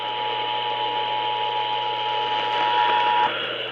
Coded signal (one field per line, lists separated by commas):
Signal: Emergency Alert System (SAME) tones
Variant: 853 and 960 Hz attention tone